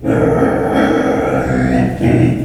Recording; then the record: squeal of a Yucatan mini pig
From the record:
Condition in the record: after surgery on the right vocal fold (resection and tissue-engineered implant); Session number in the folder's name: 3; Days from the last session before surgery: 21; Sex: female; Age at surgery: 19 weeks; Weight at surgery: 25 kg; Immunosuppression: prednisolone